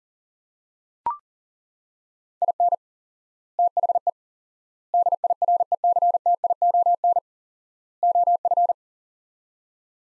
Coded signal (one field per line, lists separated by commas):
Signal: Morse code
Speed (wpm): 37 wpm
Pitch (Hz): 700 Hz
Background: none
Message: IN THE DIRECTION OF